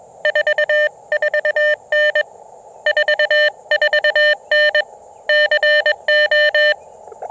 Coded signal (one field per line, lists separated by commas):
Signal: Morse code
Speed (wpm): 21 wpm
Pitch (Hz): 1800 Hz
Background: none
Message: 44N 44N CO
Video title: QRP POTA at Carolina Beach State Park: Testing a new KX2 Paddle Mount and Seeking Shade!